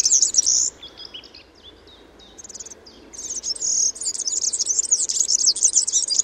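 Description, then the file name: European serin song, a high, rapid jingling of buzzy chirps, broken at first into short fragments, then a longer sizzling run in the last three seconds. "Kulczyk"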